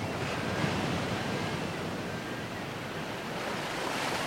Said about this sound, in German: Rolle deine entsetzlichen Wogen.